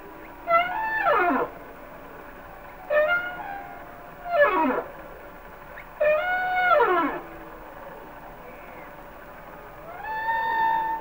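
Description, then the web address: Humpback whale song: several harmonic units sweeping downward from high to low, repeated at irregular intervals, ending with a rising-then-level moan. "Whale Songs Sounds of Nature - Humpback Whales"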